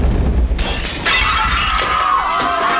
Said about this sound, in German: Die Explosion ließ die ganze Straße erbeben.